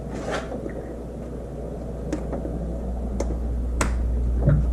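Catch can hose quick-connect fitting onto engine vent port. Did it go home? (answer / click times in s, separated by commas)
yes / 3.8 s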